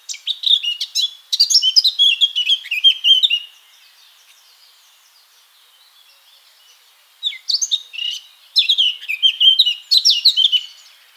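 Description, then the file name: Eurasian blackcap song: two bursts of rich, fast warbling chatter, high and varied, separated by about four seconds of near silence. "Sylvia atricapilla"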